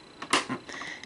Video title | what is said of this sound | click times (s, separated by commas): Sanyo 4000 Beta VCR Belts And Tire Replacement Repair | and it snaps into place. | 0.3 s